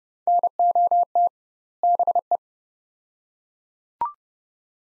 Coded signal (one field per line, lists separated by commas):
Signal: Morse code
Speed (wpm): 29 wpm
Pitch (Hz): 700 Hz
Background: none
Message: NOT BE